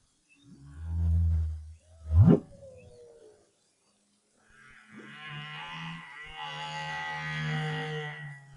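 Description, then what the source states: Humpback whale song: low booming moan and a steep rising whoop, then a long, rough, harmonically rich roar. Song recorded in 2011 as part of the BRAHSS project.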